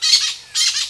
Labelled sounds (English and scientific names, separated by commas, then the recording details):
Brown-throated Parakeet (Eupsittula pertinax) contact call
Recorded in Venezuela
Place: Guárico; Corozopando; Fundo La Fe
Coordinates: 8.506, -67.593